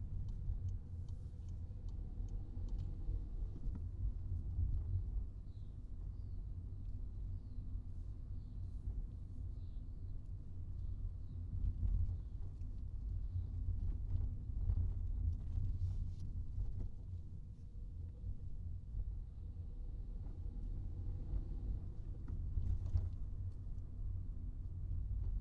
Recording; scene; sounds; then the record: everyday scene through a hearing-aid microphone; in a vehicle; engine, highway traffic jam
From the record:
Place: Skoda Fabia, gasoline engine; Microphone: in the ear canal, right